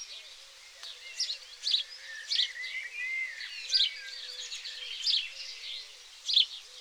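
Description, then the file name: House sparrow chirping, overlapping high cheeps and twitters with louder chirps at intervals, and a faint low repeated warble beneath. "Passer domesticus"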